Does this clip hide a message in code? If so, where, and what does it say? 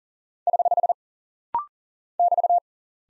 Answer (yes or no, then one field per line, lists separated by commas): yes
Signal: Morse code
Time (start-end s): 0.5-2.6 s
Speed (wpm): 38 wpm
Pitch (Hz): 700 Hz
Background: none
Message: <HH> <BT>